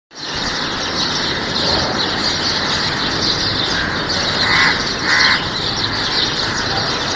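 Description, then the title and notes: Birds chirping together in a steady wash of sound, with two louder calls in the second half. Birds chirping on a green campus with trees in Khar, Mumbai. "Ramkrishna Math in Khar, Mumbai is a green campus with ot of birds & trees"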